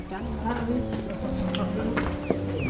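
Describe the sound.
Steady footsteps crunch along the rue des Sources, a street lined with new houses, at an unhurried walking pace, a soft tap roughly every half second, while people's voices murmur over them throughout.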